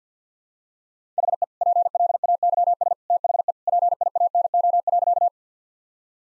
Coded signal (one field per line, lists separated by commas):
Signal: Morse code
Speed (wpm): 50 wpm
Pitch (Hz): 700 Hz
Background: none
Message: HE PLAYS THE PIANO.